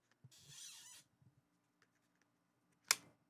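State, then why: Seated. A second detachable plastic controller is slid along the side rail on the other side of a handheld console, with a brief rustling scrape around 0.3–1.0 s and a few faint taps. It then seats with a single sharp, crisp snap at 2.9 s.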